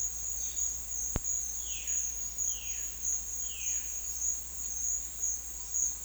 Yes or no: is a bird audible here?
yes